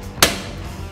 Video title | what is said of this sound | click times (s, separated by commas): EP #5 🏍 Renegade Industrial Project Bike 🛠 | You can see that'll just sit in there, lock into place. | 0.2 s